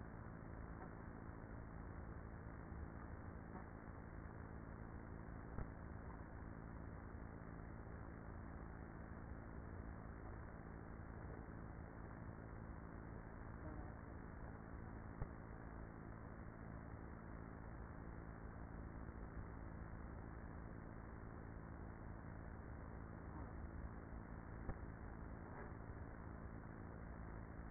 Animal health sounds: honeybee colony, microphone inside the hive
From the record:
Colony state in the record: queenless with a low population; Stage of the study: after two queens were removed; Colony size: about 30,000 bees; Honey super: no

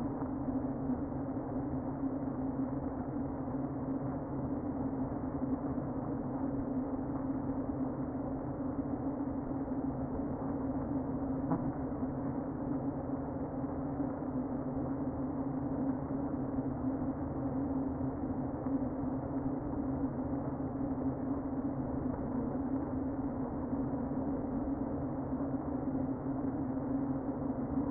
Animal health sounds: honeybee colony, microphone inside the hive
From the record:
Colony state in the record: queen present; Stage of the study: before two queens were removed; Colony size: about 60,000 bees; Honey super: yes

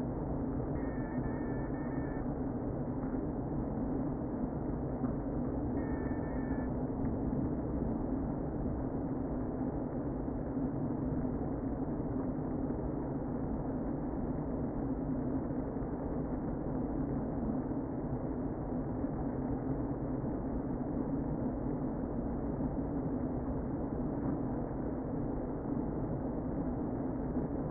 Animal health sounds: honeybee colony, microphone inside the hive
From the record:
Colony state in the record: queen present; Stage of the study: before two queens were removed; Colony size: about 60,000 bees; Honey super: yes

